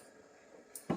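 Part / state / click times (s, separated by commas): mixer grinder jar into motor base lock / seated / 0.8 s, 0.9 s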